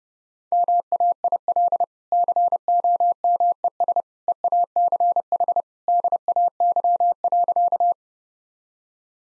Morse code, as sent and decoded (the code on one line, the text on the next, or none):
-- .- .. .-.. / -.-. --- -- . ... / . .- -.-. .... / -.. .- -.-- .-.-.-
MAIL COMES EACH DAY.